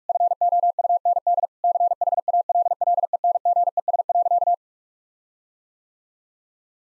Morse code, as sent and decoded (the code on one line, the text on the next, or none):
..-. --- ..- -. -.. / -.-. .... .- .-.. .-.. . -. --. . ... .-.-.-
FOUND CHALLENGES.